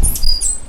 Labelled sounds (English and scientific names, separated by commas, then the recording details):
Stitchbird (Notiomystis cincta) song
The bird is a male
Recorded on Tiritiri Matangi Island, New Zealand, in 2005
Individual 2, of nest box 2